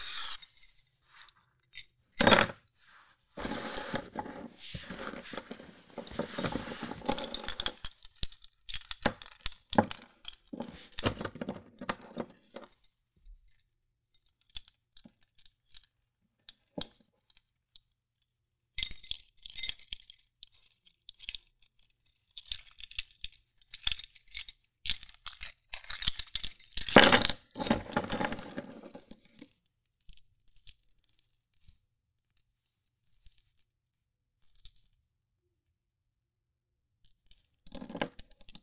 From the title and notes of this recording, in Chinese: 鑰匙的鈴鈴鈴聲｜Playing Key。